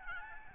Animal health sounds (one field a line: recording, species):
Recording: mosquito wingbeat signal from an infrared sensor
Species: Aedes albopictus